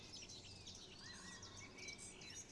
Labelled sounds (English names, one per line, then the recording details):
Great Spotted Woodpecker
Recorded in Germany
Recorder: ecoPi